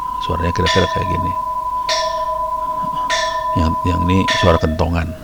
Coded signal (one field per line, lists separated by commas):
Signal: PSK31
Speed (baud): 31.25 baud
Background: speech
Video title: 20200407 ORARI amatir radio digital